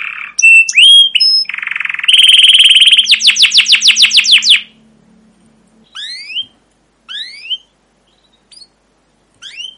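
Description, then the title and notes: Canary song with buzzy notes and a quick run of repeated chirps, then separate rising upswept chirps with short silences between. Canary song with "cuit cuit" chirps, used as a lure to prompt other canaries to sing and as a master recording for young canaries learning sounds. "CUIT CUIT NGEROL LANGSUNG GACOR PANJANG Kenari Ini AMPUH Utk Pancingan KENAR. PANCINGAN Kenari GACOR PANJANG Cuit CUIT EMOSI ini AMPUH utk MASTERAN Kenari PAUD belajar BUNYI. burung kenari"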